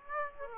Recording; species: mosquito wingbeat signal from an infrared sensor; Aedes aegypti